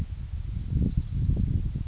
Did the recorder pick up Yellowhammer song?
yes